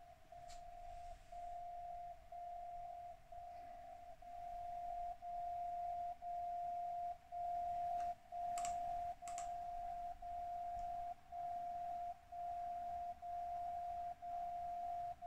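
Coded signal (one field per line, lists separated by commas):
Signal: radio time signal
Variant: DCF77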